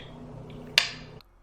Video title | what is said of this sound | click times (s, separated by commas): GRWM - My New Everyday Simple and Classic Look | and this is my favorite part do you hear that click | 0.8 s